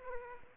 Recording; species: mosquito wingbeat signal from an infrared sensor; Aedes aegypti